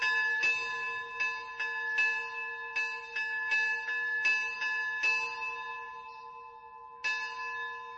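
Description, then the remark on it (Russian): A church bell, rung by a priest in a village to call Christians to church, rings out in a steady series of strikes, each bright metallic clang leaving sustained, shimmering tones that hang between hits, with a brief pause before a final strike. No voices. “Батюшка вышел и стал звонить в колокол, созывая христиан в церковь.”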